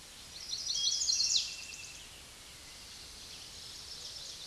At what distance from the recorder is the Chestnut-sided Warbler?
about 15 m